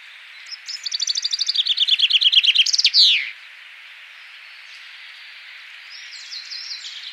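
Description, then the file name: Common chaffinch song: a series of bright descending notes running about two seconds, ending in a sharp downward flourish, followed by faint high calls. "Fringilla coelebs"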